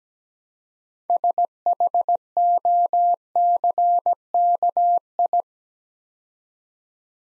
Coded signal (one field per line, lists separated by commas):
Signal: Morse code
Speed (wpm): 17 wpm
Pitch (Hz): 700 Hz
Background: none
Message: SHOCKI